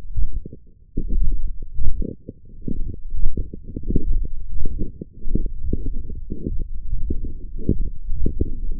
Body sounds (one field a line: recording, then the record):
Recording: forearm muscle sounds (acoustic myography)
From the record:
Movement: forearm supination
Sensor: system 1, eight BSWA MPA416 microphones around the upper forearm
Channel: 5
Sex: male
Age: 21 years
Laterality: right